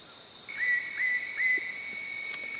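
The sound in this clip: Ringed Woodpecker calling, three short whistled notes in quick succession, each slurring upward, over a steady high tone and faint hiss.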